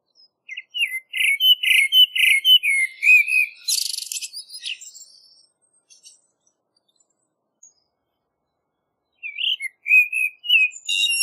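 Common blackbird song: a series of repeated fluty whistled notes ending in a harsh buzzy twitter, several seconds of quiet, then a fresh warbled phrase begins.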